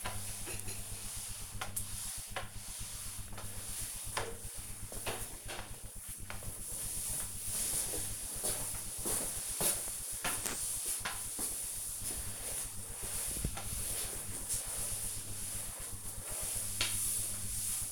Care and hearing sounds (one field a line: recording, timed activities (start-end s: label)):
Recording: household activities, microphone on the right wrist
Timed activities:
0.00-17.92 s: floor cleaning